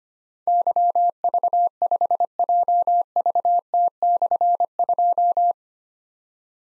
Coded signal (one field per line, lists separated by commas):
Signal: Morse code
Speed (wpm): 25 wpm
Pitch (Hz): 700 Hz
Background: none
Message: YV5JVT/2